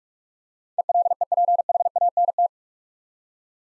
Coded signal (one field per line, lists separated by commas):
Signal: Morse code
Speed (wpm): 46 wpm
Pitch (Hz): 700 Hz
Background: none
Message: ELEPHANT